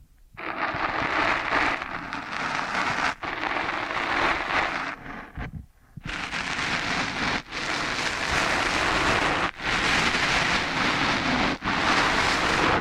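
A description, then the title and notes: Kinetic sand is crunched and rubbed against the microphone in a dense, crackling hiss that sounds almost like heavy rain. The rustle runs steadily and bright, broken by brief dropouts near 3, 5.5, 7.5, 9.5 and 11.5 seconds before resuming. ASMR Intense Ear Stimulation Ear Cleaning, Kinetic Sand, Piercing Sounds (No Talking).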